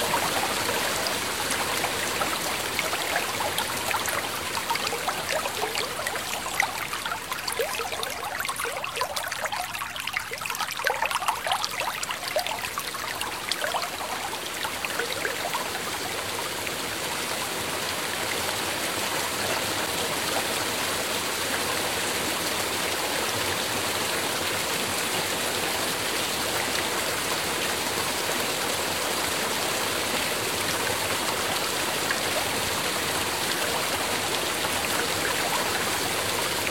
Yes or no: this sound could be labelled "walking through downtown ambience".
no